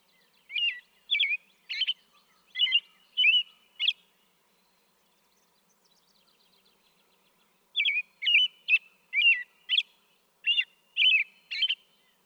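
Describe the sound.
American robin caroling in two runs of short whistled phrases, each lasting a few seconds, with a quiet gap between.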